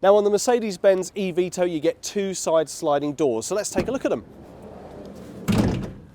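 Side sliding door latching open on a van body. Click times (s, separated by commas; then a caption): 5.5 s. Someone talks, then the side sliding door of a 2020 Mercedes-Benz eVito electric van rolls back along its rails with a low rumble. It latches into the locked open position with a solid clunk at 5.5 seconds.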